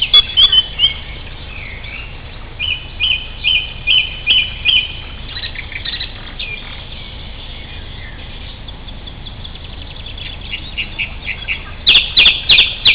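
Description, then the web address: Sparrows chirping, with a run of short, evenly spaced chirps early on, scattered calls in the middle, and a busier burst of chattering near the end over steady background hiss. "galeries moineaux oiseaux"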